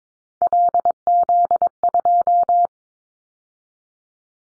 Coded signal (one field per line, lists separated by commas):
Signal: Morse code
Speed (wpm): 22 wpm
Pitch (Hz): 700 Hz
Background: none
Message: LZ2